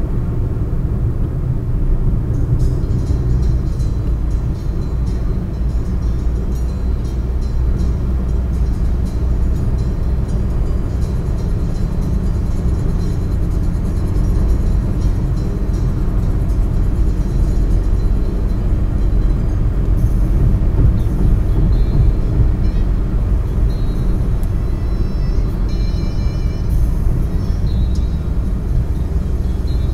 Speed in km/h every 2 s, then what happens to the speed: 119, 124, 129, 133, 138, 142, 146, 148, 149, 150, 151, 148, 142, 136, 134.
0-19 speeds up to 151. 19-30 slows to 134.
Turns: none.